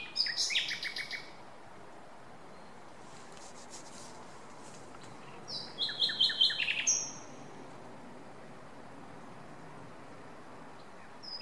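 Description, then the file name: Common nightingale song: two short, high, chattering phrases of rapid notes, separated by a pause of several seconds. "Luscinia megarhynchos"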